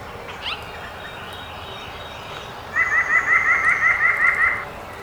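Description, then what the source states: White-breasted nuthatch song: a quick run of about a dozen nasal, even notes delivered in under two seconds, following a quiet stretch with a faint higher note earlier. 12 May 2018.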